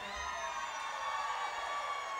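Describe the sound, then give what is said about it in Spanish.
A large concert crowd shouts back in unison when the singer shouts, a dense, steady roar of many voices sustained at even loudness for about two seconds. “Yo grito y ustedes gritan.”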